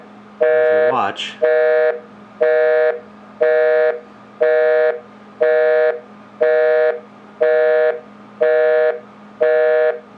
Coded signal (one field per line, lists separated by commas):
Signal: telephone call progress tone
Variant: North America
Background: speech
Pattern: busy tone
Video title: Panasonic Easa-Phone (Early 1990's)